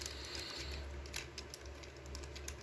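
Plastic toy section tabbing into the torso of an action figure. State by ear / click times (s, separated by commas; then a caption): not seated / none. A plastic section of a custom Transformers Legacy Trash Master Junk Monster toy is handled during transformation, being fitted so its tabs lock into matching slots in the action figure's torso. Brief light taps of plastic handling are heard near 0.1, 1.2 and 2.5 seconds over a steady low hum. Nothing has seated or clicked yet.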